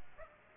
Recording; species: mosquito wingbeat signal from an infrared sensor; Aedes aegypti